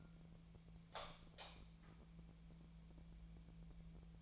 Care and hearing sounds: daily activity, microphone in the room; light on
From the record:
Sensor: 1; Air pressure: 1000.0 hPa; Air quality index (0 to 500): 129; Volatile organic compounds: 2 ppm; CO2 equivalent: 1221 ppm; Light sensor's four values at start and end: 40/101/42/52 and 44/116/48/58

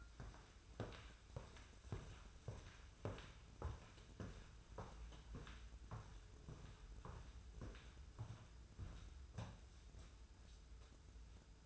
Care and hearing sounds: daily activity, microphone in the room; walk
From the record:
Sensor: 2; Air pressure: 994.2 hPa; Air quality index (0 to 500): 205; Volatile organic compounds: 1000 ppm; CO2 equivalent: 6735 ppm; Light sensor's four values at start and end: 71/166/69/68 and 70/161/67/66

